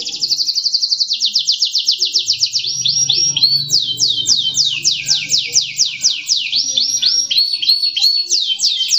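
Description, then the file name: Canary song of fast repeated downward-sweeping notes, changing through several trilled phrases at different pitches. Robin Hood version 1 of canary song. "audio kenari robin hood. omkicau"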